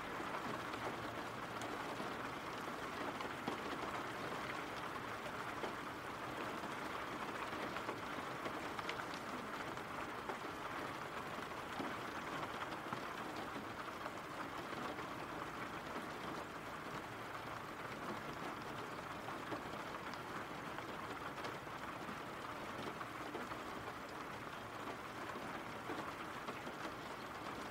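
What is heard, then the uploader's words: Rain falls steadily throughout, a dense, even hiss of countless drops with no pauses or build-ups. The sound sits mostly in the middle and upper range, with a faint low hum running underneath, and the level stays constant from start to finish. RAIN SOUNDS.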